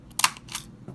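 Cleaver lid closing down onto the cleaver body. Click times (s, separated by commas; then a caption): 0.2 s. A fiber cleaver's lid, used with a Fujikura 41S, is gently pulled down onto the cleaver body over the fiber. It seats with a very sharp, loud click at 0.2 s as the cleave happens, and a second hard snap follows right after. Softer ticks and a bright click around 0.6 s follow as the lid settles.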